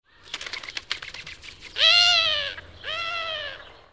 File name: balkani gerle